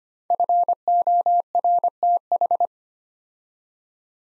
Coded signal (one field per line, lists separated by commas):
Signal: Morse code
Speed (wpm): 25 wpm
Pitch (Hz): 700 Hz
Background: none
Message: FORTH